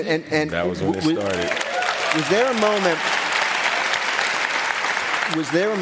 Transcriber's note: applause